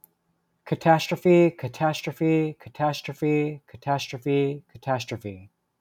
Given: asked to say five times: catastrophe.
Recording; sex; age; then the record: repeated word; male; 30 to 39 years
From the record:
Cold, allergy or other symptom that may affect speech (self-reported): no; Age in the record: 30 years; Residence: New York, United States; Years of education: 19